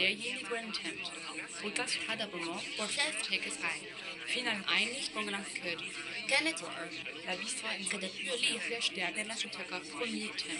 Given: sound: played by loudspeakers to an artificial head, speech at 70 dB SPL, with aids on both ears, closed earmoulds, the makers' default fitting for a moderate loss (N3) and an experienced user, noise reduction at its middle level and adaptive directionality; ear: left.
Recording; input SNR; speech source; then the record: speech test signal (ISTS) in cocktail-party noise; 0 dB; in front (0 degrees)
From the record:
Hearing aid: class 2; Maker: C